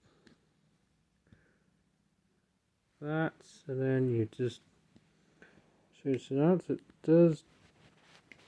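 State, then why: Not seated. An interchangeable plastic part is swapped out on a G1 Studio Series Scavenger transforming robot action figure and pushed in, with faint handling taps and small clicks around 0.3, 1.3, 5.4 and 8.3 s while someone talks. Nothing has seated or clicked into place yet.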